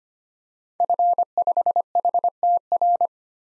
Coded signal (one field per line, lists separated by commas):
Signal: Morse code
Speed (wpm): 25 wpm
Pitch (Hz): 700 Hz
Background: none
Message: F5HTR